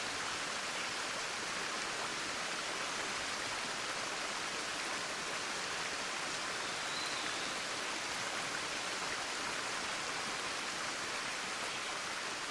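Small droplets of water patter down from the trees in a dense, unbroken hiss that holds steady for the whole clip, bright and airy with little low end. A faint bird call surfaces briefly around the middle.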